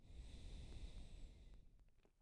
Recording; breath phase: one breath near a microphone; exhalation